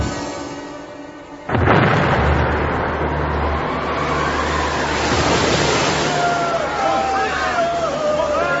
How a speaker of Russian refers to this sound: Вот это громыхнуло. Голову даю на отсечение. Где-то поблизости ударила молния.